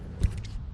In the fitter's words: That's it, till it clicks.